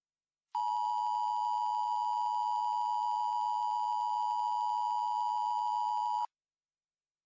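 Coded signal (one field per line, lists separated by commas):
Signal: Emergency Alert System (SAME) tones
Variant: 853 and 960 Hz attention tone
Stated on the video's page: Mock EAS alert, a fictional recreation voiced by its creator.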